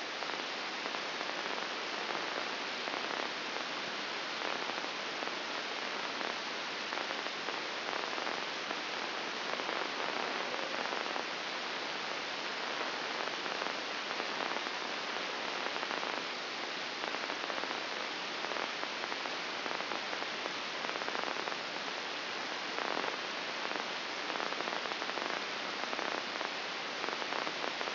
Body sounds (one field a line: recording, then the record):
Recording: brain microelectrode recording played as sound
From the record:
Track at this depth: outside the subthalamic nucleus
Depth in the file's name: 7.86 mm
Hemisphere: left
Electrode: 2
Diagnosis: Parkinson's disease